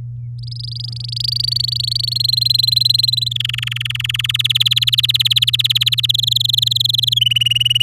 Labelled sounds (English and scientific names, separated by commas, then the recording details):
Domestic Canary (Serinus canaria) song
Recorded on 10 May 2018 at 11:32
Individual llb16